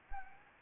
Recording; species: mosquito wingbeat signal from an infrared sensor; Anopheles gambiae